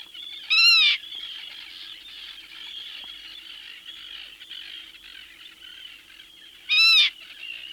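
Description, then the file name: Black-tailed godwit calls: one loud, harmonic, nasal call near the start and another near the end, with steady background bird chatter. "British Library - Black-tailed Godwit"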